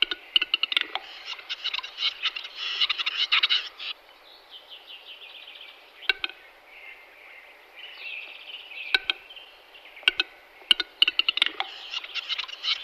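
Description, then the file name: Western capercaillie display: dense clicking and scraping bursts, then a hissing, grinding whetting passage broken by loud isolated clicks, with more clicks and scraping at the end. Adamello Brenta Nature Park. "Gallo cedrone da PNAB"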